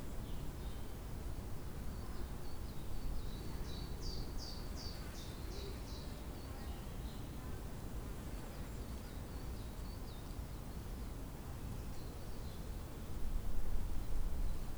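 Birdsong in Tivoli Park, Ljubljana, on a spring day, with bright chirping phrases around four to six seconds and fainter calls later. A steady low rumble fills the background throughout, growing a little louder near the end.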